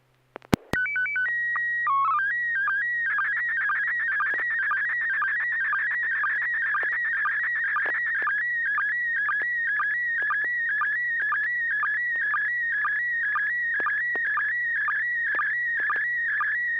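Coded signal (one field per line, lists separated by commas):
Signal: SSTV (slow-scan television)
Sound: short calibration tones, then a warbling tone with a steady rhythmic tick of sync pulses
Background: low hum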